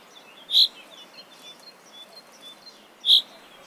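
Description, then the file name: Common chaffinch call: two bright, clipped high notes about two and a half seconds apart over a quiet background with soft twittering. "Fringilla coelebs"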